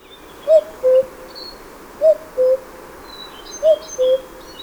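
Cuckoo calling a clear two-note falling cu-koo, repeated three times about every one and a half seconds, with faint high chirps from other birds behind.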